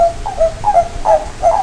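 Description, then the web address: Frog calling with several short tonal notes in an uneven series. "nikki kaeru"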